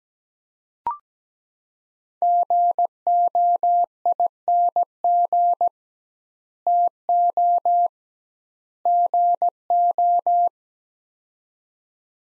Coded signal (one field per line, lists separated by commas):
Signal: Morse code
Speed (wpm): 17 wpm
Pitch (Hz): 700 Hz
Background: none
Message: GOING TO GO